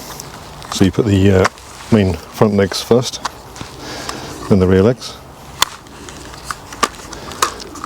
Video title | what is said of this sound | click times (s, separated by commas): Full review of the Ruko F11 GIM2 drone #ruko #dji #drone | they do snap into place in a very nice solid feel | 5.6 s, 7.4 s